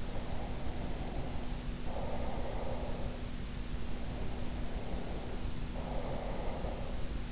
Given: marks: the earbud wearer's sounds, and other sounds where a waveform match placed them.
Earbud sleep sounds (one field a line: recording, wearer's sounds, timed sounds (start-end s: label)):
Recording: sounds in sleep by an in-ear microphone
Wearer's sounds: breath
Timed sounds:
0.00-3.30 s: breath
3.85-7.23 s: breath